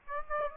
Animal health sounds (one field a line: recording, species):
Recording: mosquito wingbeat signal from an infrared sensor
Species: Aedes aegypti